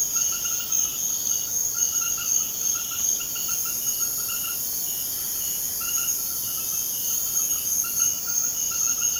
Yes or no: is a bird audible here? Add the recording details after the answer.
no. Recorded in secondary vegetation near Puerto Asís, Putumayo, Colombia, on 30 June 2025 at 21:00. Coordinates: 0.500, -76.326. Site GP08